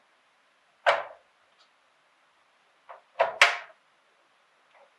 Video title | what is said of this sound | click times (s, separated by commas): Assembling a video editing pc in Kenya Part 2 Assembly | So you will hear a click, | 3.4 s